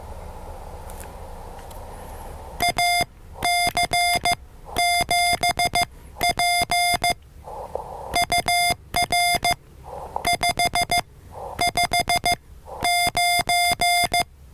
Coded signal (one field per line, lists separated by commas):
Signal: Morse code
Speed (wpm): 15 wpm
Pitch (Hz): 700 Hz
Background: music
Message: AC7P UR 559